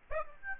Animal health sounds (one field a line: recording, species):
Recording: mosquito wingbeat signal from an infrared sensor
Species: Aedes aegypti